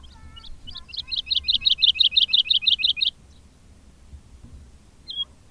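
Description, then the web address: Woodlark singing a phrase of many quickly repeated liquid notes, steady in pitch, followed by quiet and one short note. "agykontroll Madardalok Cd 2. Erdei pacsirta"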